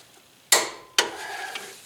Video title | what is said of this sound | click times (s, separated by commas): ZX2 FRONT STRUTS, EXHAUST HANGER, BELT TENSIONER REPLACEMENT | all right so we'll go ahead and give these a little clicky with torque rinch | 0.5 s, 1.0 s